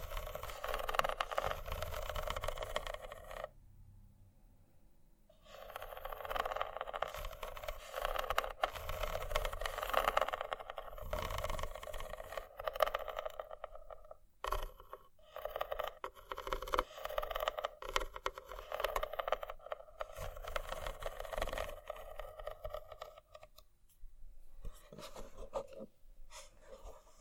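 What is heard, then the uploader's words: Scratching runs almost nonstop as a dense, rough rasp, strongest in the middle range with a faint low rumble underneath. It breaks off for about a second and a half near the four-second mark, then resumes, with brief pauses around fourteen and twenty-four seconds. ASMR Scratching.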